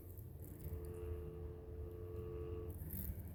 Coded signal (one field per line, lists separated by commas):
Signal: telephone call progress tone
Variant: North America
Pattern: dial tone